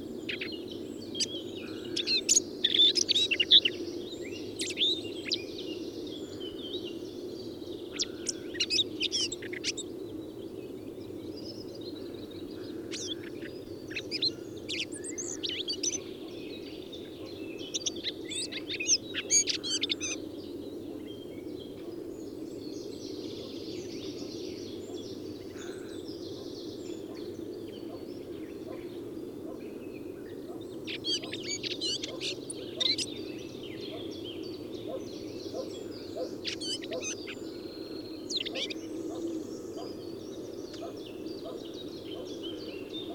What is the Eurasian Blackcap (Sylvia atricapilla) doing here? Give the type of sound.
song